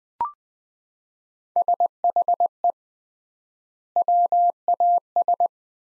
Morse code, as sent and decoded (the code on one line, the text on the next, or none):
... .... . / .-- .- ...
SHE WAS